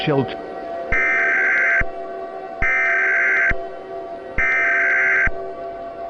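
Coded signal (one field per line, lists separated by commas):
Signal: Emergency Alert System (SAME) tones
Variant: header bursts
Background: speech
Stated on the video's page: Fictional EAS scenario for entertainment, not a real broadcast; may contain valid EAS tones.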